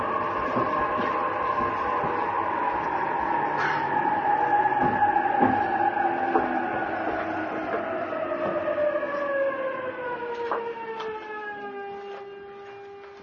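A JR E233 series train rides toward Odawara, its motor whine sliding steadily downward in pitch as it slows, with faint clicks of the wheels throughout.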